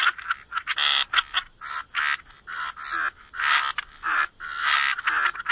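Frog chorus, raspy croaking bursts of varied length coming irregularly, with a steady high tone underneath.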